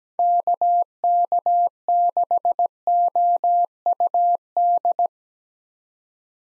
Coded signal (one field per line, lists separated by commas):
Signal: Morse code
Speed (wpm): 17 wpm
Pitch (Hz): 700 Hz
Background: none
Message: KK6OUD